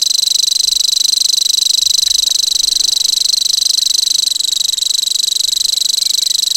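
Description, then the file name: Common grasshopper warbler song: a sustained, shrill mechanical reel, fast and uniform, running from start to finish with slight shifts in loudness. "grasshopper warbler omkicau"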